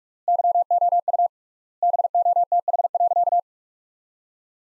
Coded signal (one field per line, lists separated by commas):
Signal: Morse code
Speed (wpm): 46 wpm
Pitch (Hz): 700 Hz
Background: none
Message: YOU BOTH.